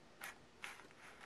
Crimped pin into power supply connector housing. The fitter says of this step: back into the connector and you'll hear it snap here